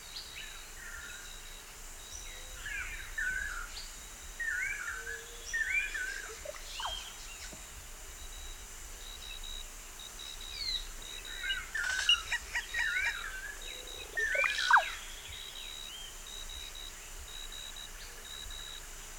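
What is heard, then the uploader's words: A forest after rain, with scattered bird calls of short chirps and trills rising and falling through the middle range. A thin steady hiss and a faint high whine run underneath. Livelier calls cluster around twelve to fifteen seconds. Forest after rain.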